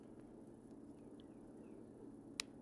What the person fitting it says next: And you can hear it snap closed.